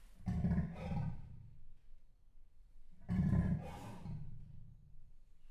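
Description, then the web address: Leopard calling with two deep, rasping grunts about three seconds apart, each a harsh breathy burst followed by a softer trailing exhale. Male leopard at Jászberény Zoo, 2016. "allathangok jaszberenyizoo 2016 leopard himallat"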